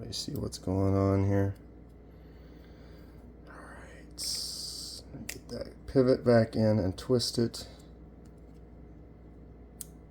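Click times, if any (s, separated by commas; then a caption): 9.8 s. Someone talks while the metal pivot of a Kubey Thalia folding knife is reinserted during reassembly and twisted by hand. A sharp click at 9.8 s marks the pivot's flat side dropping into the D-shaped recess in the knife scale, and the pivot is seated.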